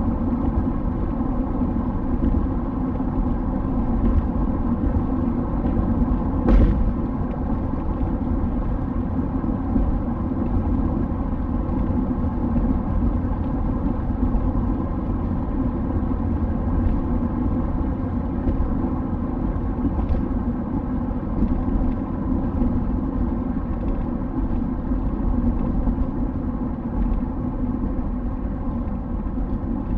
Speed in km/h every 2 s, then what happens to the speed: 86, 86, 87, 88, 88, 89, 90, 90, 90, 87, 84, 81, 78, 75, 68.
0-16 steady at about 88. 16-30 slows to 68.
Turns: none.